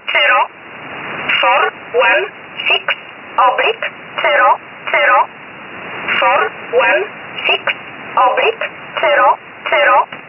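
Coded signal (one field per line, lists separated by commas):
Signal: numbers station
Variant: E11 Oblique, English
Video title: 13 05 2019 E11 Oblique Numbers station in English 0450 on 7469 unknown tx site in USB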